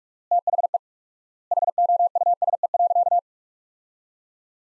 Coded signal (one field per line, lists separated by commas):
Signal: Morse code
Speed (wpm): 41 wpm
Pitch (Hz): 700 Hz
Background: none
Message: THE HOUSE.